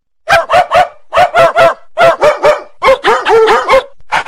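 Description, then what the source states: Dogs bark in quick rhythmic groups of short, loud bow-wow barks with varied pitch, without other sounds. Dogs' choir ringtone.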